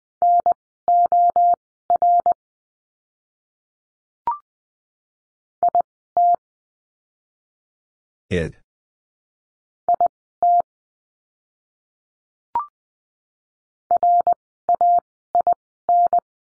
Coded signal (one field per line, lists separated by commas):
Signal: Morse code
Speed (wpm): 20 wpm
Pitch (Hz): 700 Hz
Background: none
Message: NOR IT IT RAIN